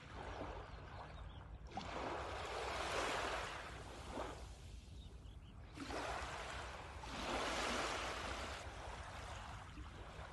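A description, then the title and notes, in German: Sea surf rolls in two broad swells, one building from about two to five seconds and another from six to nine, each a dense hiss that rises and then drains away. Between the waves a lower, steady rumble persists. Meeresrauschen.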